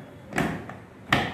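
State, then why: Seated. The upper support bracket of a Supreme Olive folding dining table is fitted into its locking groove and pushed until it locks. A broad rustle comes around 0.4 s and a faint tick at 0.7 s, then a sharp click at 1.1 s confirms the bracket has locked.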